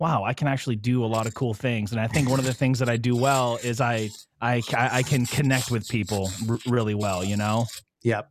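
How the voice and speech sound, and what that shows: Adult male speaker with a lifelong stutter, present since childhood. Repetitions of whole words ("I I I") and part-words ("r- really") are heard in otherwise fluent conversational speech.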